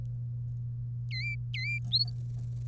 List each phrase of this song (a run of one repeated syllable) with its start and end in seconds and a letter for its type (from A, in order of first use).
1.11-1.80 A